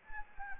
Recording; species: mosquito wingbeat signal from an infrared sensor; Anopheles gambiae